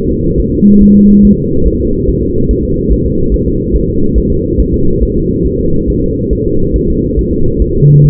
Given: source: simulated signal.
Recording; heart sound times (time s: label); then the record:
fetal heart sounds
0.11 s: S2
0.40 s: S1
0.54 s: S2
0.82 s: S1
0.96 s: S2
1.25 s: S1
1.39 s: S2
1.67 s: S1
1.81 s: S2
2.09 s: S1
2.23 s: S2
2.51 s: S1
2.65 s: S2
2.92 s: S1
3.06 s: S2
3.34 s: S1
3.48 s: S2
3.75 s: S1
3.89 s: S2
4.18 s: S1
4.32 s: S2
4.60 s: S1
4.74 s: S2
5.03 s: S1
5.17 s: S2
5.47 s: S1
5.61 s: S2
5.90 s: S1
6.04 s: S2
6.33 s: S1
6.47 s: S2
6.76 s: S1
6.90 s: S2
7.19 s: S1
7.33 s: S2
7.62 s: S1
7.76 s: S2
8.06 s: S1
From the record:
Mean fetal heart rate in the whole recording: 140 bpm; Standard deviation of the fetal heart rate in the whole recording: 2 bpm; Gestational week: 34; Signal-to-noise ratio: -16.4 dB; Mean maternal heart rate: 72 bpm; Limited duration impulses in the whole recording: present